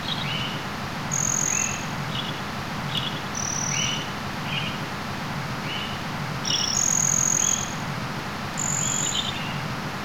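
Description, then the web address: Birds calling: short upswept chirps recur irregularly, joined by several thin, high, steady whistles, all over a continuous low rumbling background. "ottelo birds"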